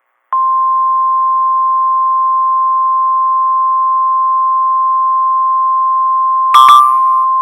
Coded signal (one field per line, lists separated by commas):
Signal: Emergency Alert System (SAME) tones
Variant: 1050 Hz attention tone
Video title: IND's FEBRUARY ENH - EAS Alerts from 2/19/26 (EAS #674 - #688)